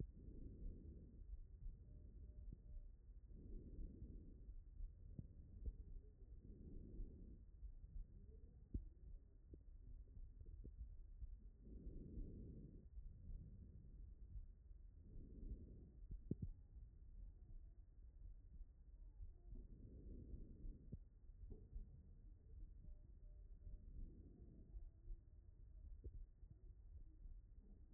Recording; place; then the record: heart sounds by stethoscope; pulmonary valve (PV)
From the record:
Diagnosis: non-HFrEF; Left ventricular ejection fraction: 46%